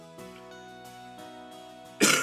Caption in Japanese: 風邪ひいて。 この咳もね、風邪ひきましたって言った後咳するのもどうかと思うけど。